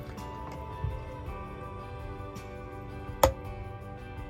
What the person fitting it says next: Heard it click one more time.